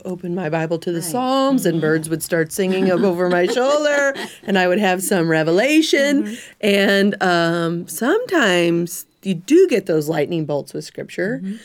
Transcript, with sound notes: open my Bible to the Psalms, and birds would start singing over my shoulder, (laughter) and I would have some revelation. Sometimes you do get those lightning bolts of Scripture.